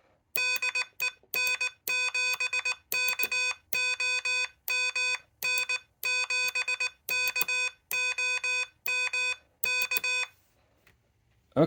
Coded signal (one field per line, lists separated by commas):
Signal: Morse code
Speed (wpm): 19 wpm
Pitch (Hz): 2500 Hz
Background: none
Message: DE N7KOM N7KOM K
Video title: What's the Best Paddle to Use with the Elecraft KH1?